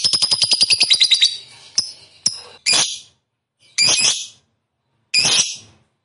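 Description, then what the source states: Lovebird chirping: a rapid run of high buzzy notes for over a second, then a couple of sharp clicks and three harsh, noisy screeches. Lovebird described as a 'fighter' type and 'gacor', singing energetically.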